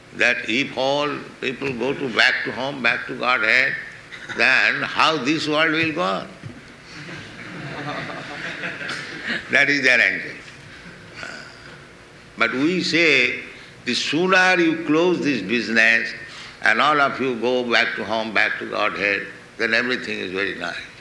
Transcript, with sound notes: that "If all people go to back to home, back to Godhead, then how this world will go on?" [laughter] That is their anxiety. But we say the sooner you close this business and all of you go back to home, back to Godhead, then everything is very nice.